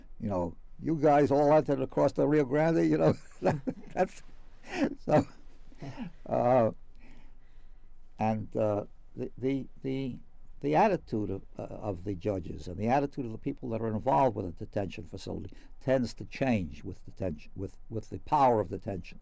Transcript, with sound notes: You know, "You guys all entered across the Rio Grande," you know. [Laughs] So — and the — the — the attitude of — of the judges and the attitude of the people that are involved with a detention facility tends to change with detention — with the power of detention.